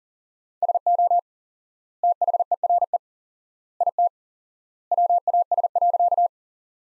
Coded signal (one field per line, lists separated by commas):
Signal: Morse code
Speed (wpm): 40 wpm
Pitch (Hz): 700 Hz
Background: none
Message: SO THERE IT WAS.